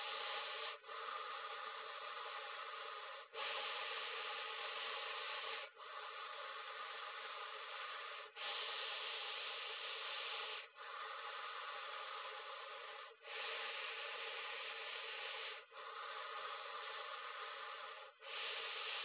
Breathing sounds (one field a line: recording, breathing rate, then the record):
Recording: paced breathing near a phone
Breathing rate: 12 breaths a minute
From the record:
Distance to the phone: 20 cm